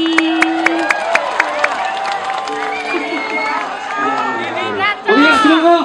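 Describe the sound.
An audience claps and cheers for a male vocalist about to sing a duet, with a few sharp claps at first, then a lively mix of shouting, whooping voices and chatter that swells louder near the end.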